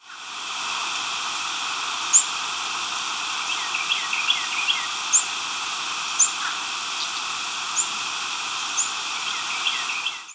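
American redstart flight calls: brief, thin, very high notes, heard several times over ten seconds above a constant loud hiss.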